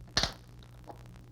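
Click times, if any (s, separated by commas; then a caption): 0.2 s. Pressing down on the operating lever of a plastic FoodSaver Compact II countertop vacuum sealer releases its locking clips with a sharp click at 0.2 s, followed by a brief second snap. A few faint ticks follow against a low hum, and the clips are released.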